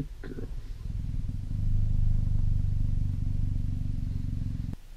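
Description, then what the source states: Cheetah purring steadily in a low, throbbing rumble after a short higher sound at the start, cutting off abruptly with a click near the end. Tame cheetah, lying in a bed.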